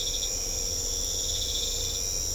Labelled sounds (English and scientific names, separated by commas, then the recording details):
none
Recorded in secondary vegetation near Puerto Asís, Putumayo, Colombia, on 16 December 2024 at 02:00
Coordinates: 0.500, -76.326
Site G065